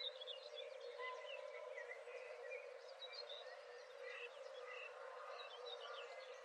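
Several birds chirping and whistling at once, short varied notes overlapping continuously above a constant background hiss.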